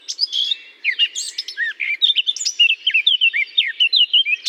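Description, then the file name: Eurasian blackcap singing a rapid scratchy warble that turns into a clear run of fluty whistled notes, repeated quickly, with no other sounds. Singing in holly. "chant de fauvette a tete noire dans houx"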